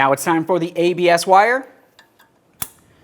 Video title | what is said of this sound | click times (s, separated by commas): How to Replace CV Axles 2006-2011 Honda Civic | press it in listen for our click double check to make sure each of these is secure you do not want them loose now | 2.6 s